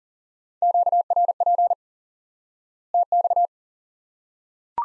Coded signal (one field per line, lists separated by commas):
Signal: Morse code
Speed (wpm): 40 wpm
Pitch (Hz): 700 Hz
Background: none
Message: QRP TX